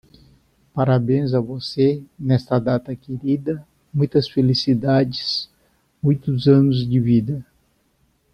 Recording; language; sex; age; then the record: short text; Brazilian Portuguese; male; 60 to 69 years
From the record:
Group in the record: control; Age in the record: 64 years